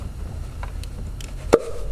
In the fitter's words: Did you hear that snap? That's coming loose.